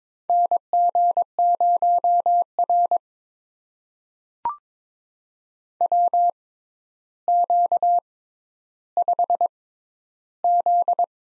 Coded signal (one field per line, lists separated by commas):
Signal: Morse code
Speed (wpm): 23 wpm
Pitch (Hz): 700 Hz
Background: none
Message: NG0R WQ5Z